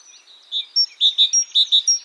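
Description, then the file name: Great tit giving clear, short notes on a lower and a higher pitch, about eight in two seconds. "Parus major"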